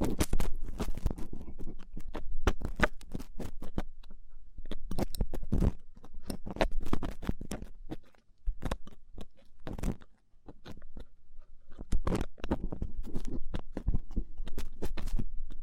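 Rough ear cleaning: rapid, irregular scratching and crackling clicks scrape past in dense bursts, with a low rumbling rub underneath. The scraping thins briefly around eight and ten seconds, then resumes just as busy and crunchy until the end.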